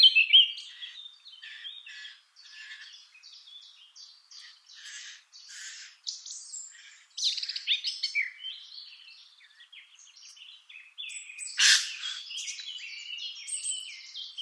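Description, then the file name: Eurasian blackcap song: scratchy, stuttering chatter of short notes with a sudden loud burst, then a flowing warble. "Sylvia atricapilla"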